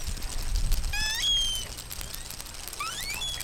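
Whale calls: several high, rising whistles with faint overtones, sweeping upward in two short bursts, over a low rumbling underwater background with scattered clicks.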